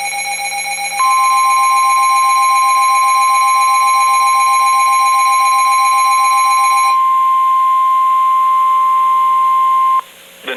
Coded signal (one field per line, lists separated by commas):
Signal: Emergency Alert System (SAME) tones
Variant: 1050 Hz attention tone